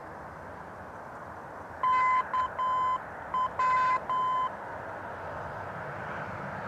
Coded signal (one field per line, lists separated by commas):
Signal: Morse code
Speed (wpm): 10 wpm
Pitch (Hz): 1020 Hz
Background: none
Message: KW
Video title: NDB KW Transmitter - Klagenfurt West